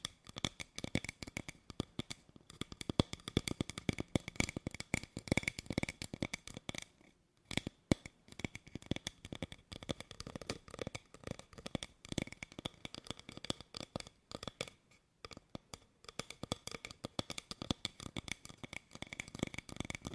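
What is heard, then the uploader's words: ASMR tapping: dense, rapid clicks and taps follow one another almost without pause for the whole stretch, crisp and bright with a light papery, card-like texture. Brief quiet gaps break the flow around seven to eight seconds and again near fifteen seconds. ASMR Tapping For Sleep 100% Tingles! (No Talking).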